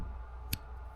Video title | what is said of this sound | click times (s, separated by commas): Adjustable Weight Glide Bait: Full Build | snap into place there's no chance of that falling out on its own | 0.5 s